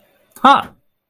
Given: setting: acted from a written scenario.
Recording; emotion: vocal sound without words; realization